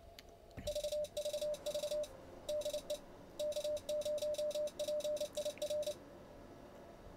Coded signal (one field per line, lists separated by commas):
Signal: Morse code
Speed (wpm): 29 wpm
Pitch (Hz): 600 Hz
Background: none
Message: VVV DE K0PIR